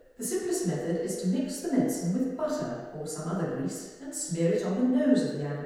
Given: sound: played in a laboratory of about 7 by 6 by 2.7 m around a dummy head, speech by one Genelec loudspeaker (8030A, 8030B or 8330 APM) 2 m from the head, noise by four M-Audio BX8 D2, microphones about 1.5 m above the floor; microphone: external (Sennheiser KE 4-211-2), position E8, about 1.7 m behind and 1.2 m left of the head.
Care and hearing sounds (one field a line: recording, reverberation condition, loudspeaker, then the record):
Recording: female speech in English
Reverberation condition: high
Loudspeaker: in front (0 degrees)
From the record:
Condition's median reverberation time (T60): about 1300 ms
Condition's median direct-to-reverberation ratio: about -4.0 dB